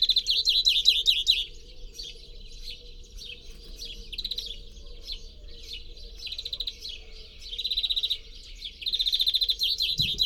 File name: Chloris chloris